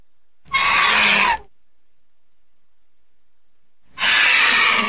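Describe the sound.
Vulture giving a raspy, breathy hiss, then a pause of about three seconds before a second hiss begins.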